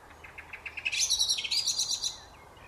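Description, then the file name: Common blackbird calls: a run of short clipped notes that quicken, then a harsh, high, scratchy chatter for about a second before fading. "Turdus merula"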